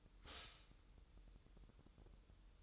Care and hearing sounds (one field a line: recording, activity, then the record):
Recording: daily activity, microphone in the room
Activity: stop toaster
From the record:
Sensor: 3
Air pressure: 988.5 hPa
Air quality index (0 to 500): 193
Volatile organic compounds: 285 ppm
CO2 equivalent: 4447 ppm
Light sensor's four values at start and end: 23/72/30/26 and 23/72/30/26